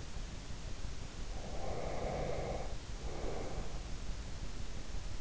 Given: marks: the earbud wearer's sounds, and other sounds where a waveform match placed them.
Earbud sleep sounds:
sounds in sleep by an in-ear microphone; breath
1.35-3.78 s: breath

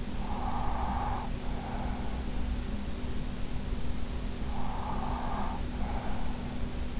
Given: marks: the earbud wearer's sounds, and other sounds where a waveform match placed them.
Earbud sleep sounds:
sounds in sleep by an in-ear microphone; breath
0.02-2.54 s: breath
4.29-7.00 s: breath

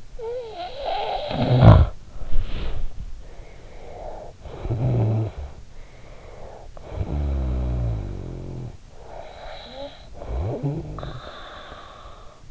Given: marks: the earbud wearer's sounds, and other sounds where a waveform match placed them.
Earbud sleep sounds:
sounds in sleep by an in-ear microphone; snoring breath, body movement
0.00-1.97 s: snoring breath
2.12-3.14 s: body movement
3.31-5.67 s: snoring breath
5.83-8.89 s: snoring breath
9.03-12.51 s: snoring breath

